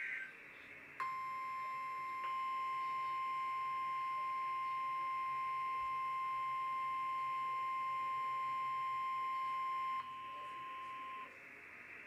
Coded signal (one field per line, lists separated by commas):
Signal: Emergency Alert System (SAME) tones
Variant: 1050 Hz attention tone